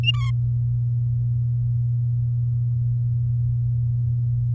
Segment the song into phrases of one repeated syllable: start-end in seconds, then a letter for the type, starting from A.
0.03-0.31 A